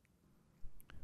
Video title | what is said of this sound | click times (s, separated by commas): Lenovo ThinkSystem SE350 installing an M2 WLAN module | an m2 WLAN module into the connector and press it down until it clicks into place | 0.8 s, 0.9 s